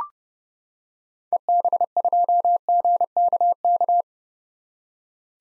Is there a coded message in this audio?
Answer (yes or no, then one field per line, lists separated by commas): yes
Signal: Morse code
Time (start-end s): 1.3-4.0 s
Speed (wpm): 30 wpm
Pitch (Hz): 700 Hz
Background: none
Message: EB2GKK